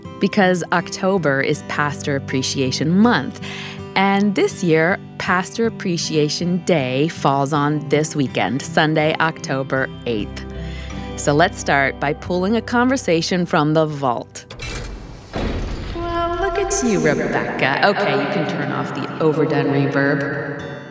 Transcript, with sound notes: Because October is Pastor Appreciation Month, and this year Pastor Appreciation Day falls on this weekend, Sunday, October 8. Let’s start by pulling a conversation from the vault. [Huge door creaks open] Look at you, Rebekah! Okay, you can turn off the overdone reverb.